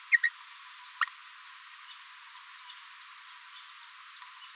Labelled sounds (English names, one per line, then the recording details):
Green-rumped Parrotlet babbling
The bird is a female
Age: 30 days
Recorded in a nest box in Venezuela
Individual 17B73B3